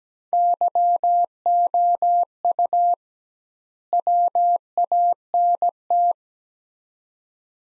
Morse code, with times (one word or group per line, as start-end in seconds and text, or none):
0.3-2.9 YOU
3.9-6.1 WANT